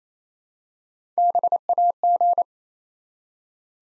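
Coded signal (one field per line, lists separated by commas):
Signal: Morse code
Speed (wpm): 27 wpm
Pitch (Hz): 700 Hz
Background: none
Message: BAG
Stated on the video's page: Morse practice at 28 wpm building 3-letter words one letter at a time for instant character recognition.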